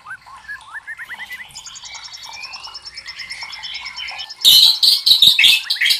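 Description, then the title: White-rumped shama song: quick repeated rising whistles with a high ticking series, ending in a loud harsh rattling burst. Masteran training recording for caged birds, labelled Labaik. "MASTERAN MURAI BATU LABAIK"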